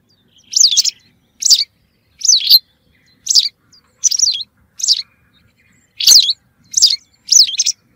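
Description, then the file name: White wagtail song: a series of short, high, sharply modulated chirps and twittered notes, delivered in quick bursts less than a second apart, over a quiet background. "Motacilla alba"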